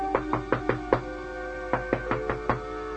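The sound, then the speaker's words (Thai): Two bursts of sharp knocking on the door of an inn in Bethlehem: five quick raps, a short pause, then four more, each hit crisp and fairly loud over a faint steady hum. “เคาะดังหน่อยคนดูแลโรงแรมอาจจะเข้านอนแล้วก็ได”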